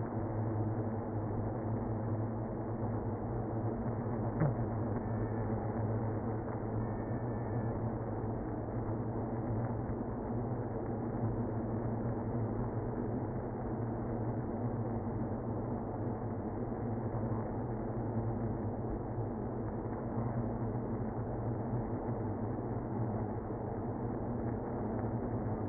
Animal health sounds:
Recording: honeybee colony, microphone inside the hive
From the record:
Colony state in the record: queenless (queen removed)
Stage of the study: after two queens were removed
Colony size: about 60,000 bees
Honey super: yes

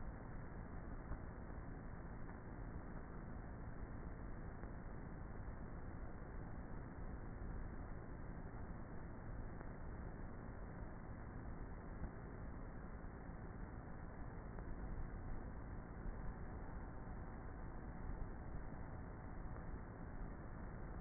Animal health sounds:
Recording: honeybee colony, microphone inside the hive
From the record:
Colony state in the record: queenless with a low population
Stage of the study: before two queens were removed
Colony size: about 30,000 bees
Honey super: no

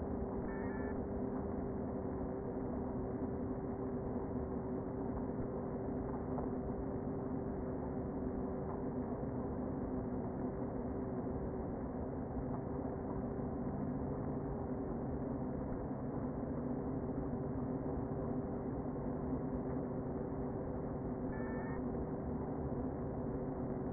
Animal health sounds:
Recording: honeybee colony, microphone inside the hive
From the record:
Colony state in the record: queen present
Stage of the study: before two queens were removed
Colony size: about 60,000 bees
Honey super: yes

